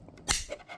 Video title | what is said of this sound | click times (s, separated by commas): #Shorts How to use the Otterbox Defender (Pro) as a Kickstand | And there you hear a click, and then it snaps into place, and now it's stuck in open position. | 0.3 s